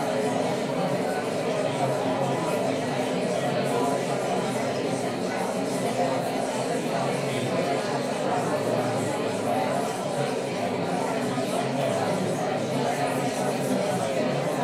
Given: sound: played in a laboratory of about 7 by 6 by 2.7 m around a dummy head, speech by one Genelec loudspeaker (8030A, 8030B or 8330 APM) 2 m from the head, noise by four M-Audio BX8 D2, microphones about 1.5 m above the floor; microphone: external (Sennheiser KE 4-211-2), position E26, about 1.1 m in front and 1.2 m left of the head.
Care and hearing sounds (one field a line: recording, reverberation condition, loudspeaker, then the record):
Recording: babble noise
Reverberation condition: medium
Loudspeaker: four, about 170 cm from the corners of the room and facing them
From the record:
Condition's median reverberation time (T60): about 510 ms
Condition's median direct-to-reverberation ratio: about -0.5 dB